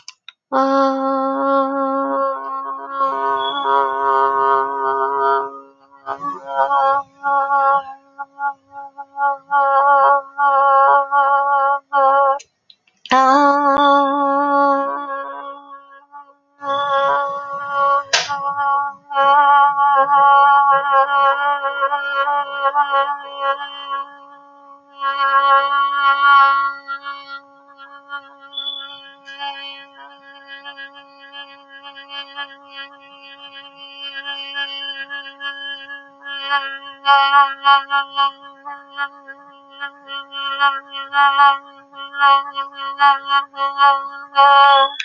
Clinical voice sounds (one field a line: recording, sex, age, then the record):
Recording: vowel held as long as possible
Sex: female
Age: 40 to 49 years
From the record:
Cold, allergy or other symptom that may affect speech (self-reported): no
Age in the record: 44 years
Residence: Hong Kong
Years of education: 30